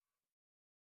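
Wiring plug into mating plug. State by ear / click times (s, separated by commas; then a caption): not seated / none. A wiring plug is handled and pushed toward its mating plug while installing a Hydrophase Ride Steady on a 2021 Yamaha AR 250 jetboat. A faint, steady broadband rustle runs for about 0.35 seconds, then cuts to silence for the rest of the clip. Nothing has seated or clicked yet.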